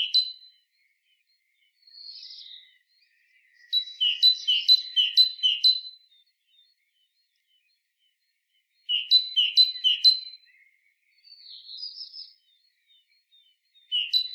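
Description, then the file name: Great tit giving runs of three or four sharp two-part notes in quick succession, separated by pauses and soft buzzy notes. "Parus major"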